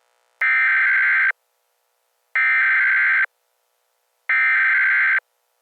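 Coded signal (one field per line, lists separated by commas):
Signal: Emergency Alert System (SAME) tones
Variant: header bursts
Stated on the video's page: Fictional EAS scenario in a short analog horror film.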